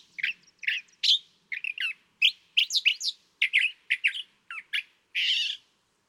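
California thrasher song of short, rough, emphatic phrases, each slightly different, delivered in a steady stream and ending with a longer raspy note.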